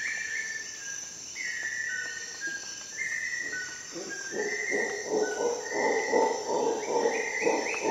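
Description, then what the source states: Howler monkey roaring swells in the second half under repeated whistled bird phrases, with a persistent high-pitched insect chorus. Howler monkey calling at dawn in the Costa Rica jungle, during an expedition.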